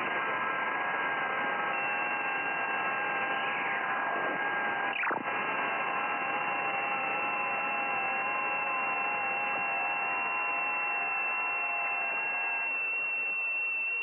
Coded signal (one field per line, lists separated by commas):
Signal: FT8